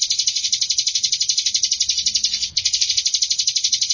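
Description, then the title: Canary song, a fast buzzy trill of high notes, briefly pausing midway before resuming the same rapid rhythm. A champion singing canary. "Kicau Burung Kenari Juara"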